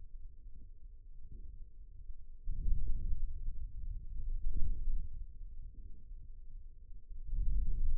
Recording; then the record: forearm muscle sounds (acoustic myography)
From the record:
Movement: hand closing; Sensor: system 2, bracelet of six BSWA MPA416 microphones around the upper forearm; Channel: 4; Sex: male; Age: 22 years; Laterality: right